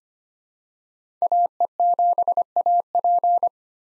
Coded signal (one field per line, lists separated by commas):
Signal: Morse code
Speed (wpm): 25 wpm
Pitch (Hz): 700 Hz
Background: none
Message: AE7AP